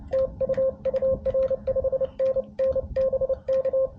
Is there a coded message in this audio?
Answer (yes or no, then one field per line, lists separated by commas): yes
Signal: Morse code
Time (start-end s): 0.1-3.9 s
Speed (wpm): 25 wpm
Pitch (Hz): 530 Hz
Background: none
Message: TU UR 5NN BK